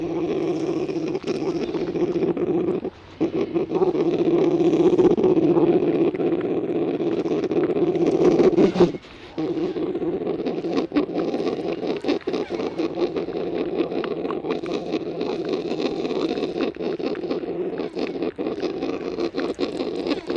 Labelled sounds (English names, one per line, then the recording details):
Brown Bear
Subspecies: middendorffi
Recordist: Tembrock, Günter